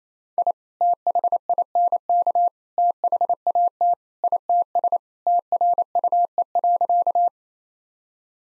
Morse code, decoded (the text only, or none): I THINK THAT ITS TRUE.